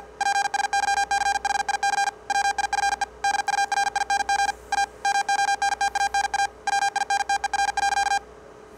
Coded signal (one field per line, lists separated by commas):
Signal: Morse code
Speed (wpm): 50 wpm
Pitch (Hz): 800 Hz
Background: none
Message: PSYCHIC WIFE DURING A MONTANA WINTER.